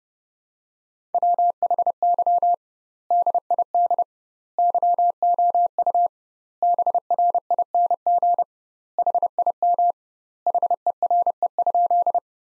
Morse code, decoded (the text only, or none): WHY DID YOU BRING HIM HERE?